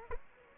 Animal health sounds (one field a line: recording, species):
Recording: mosquito wingbeat signal from an infrared sensor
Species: Aedes aegypti